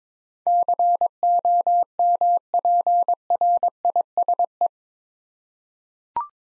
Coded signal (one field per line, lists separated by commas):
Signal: Morse code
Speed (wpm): 22 wpm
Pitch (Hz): 700 Hz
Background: none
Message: COMPRISE